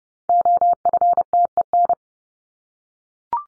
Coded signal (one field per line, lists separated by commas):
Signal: Morse code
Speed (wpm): 30 wpm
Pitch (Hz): 700 Hz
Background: none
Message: OFTEN